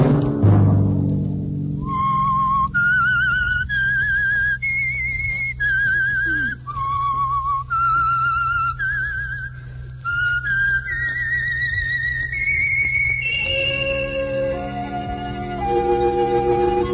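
The whistled theme melody of the radio program The Whistler, clear, sustained notes stepping up and down in a slow, haunting tune over a low sustained musical backing, ending with lower tones as the accompaniment swells.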